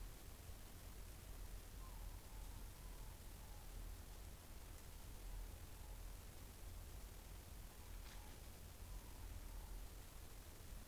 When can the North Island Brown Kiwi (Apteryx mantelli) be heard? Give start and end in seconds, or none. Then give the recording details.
none. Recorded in New Zealand on 24 November 2013. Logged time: 00:13. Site CF70